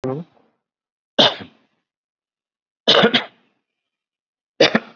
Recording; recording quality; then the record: shallow voluntary cough; excellent, no background noise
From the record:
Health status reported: COVID-19 positive, mild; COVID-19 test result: positive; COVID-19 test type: RT-PCR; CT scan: not taken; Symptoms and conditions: cough, hypertension, diabetes, another condition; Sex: male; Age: 59 years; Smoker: no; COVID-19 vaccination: one dose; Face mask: not worn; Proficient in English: yes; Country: India